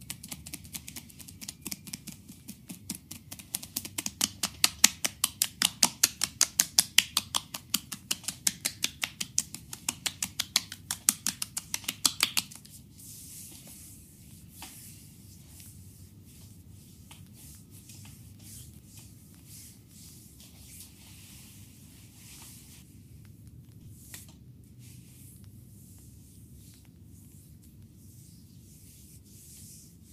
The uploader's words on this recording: ASMR neck massage by Olga. Sports technique.